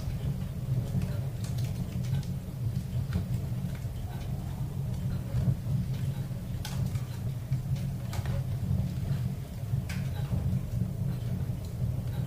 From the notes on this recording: a wizened old man works on toys by a roaring fire